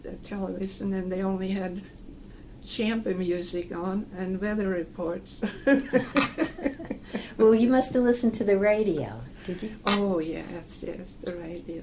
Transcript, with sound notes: television and they only had music on and weather reports (both laugh)
Well, you must've listened to the radio. Did you?
Oh, yes - yes. The radio.